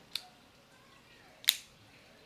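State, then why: Seated. A DJI Action 3 camera is pushed into a PgyTech plastic/metal accessory cage and locked in place, so it will not come off easily. A faint sharp tick at 0.2 s is followed by a louder, crisp click at 1.5 s as the camera fully locks into the cage.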